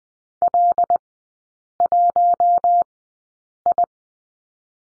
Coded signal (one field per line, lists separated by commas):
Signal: Morse code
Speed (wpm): 20 wpm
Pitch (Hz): 700 Hz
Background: none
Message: L 1 I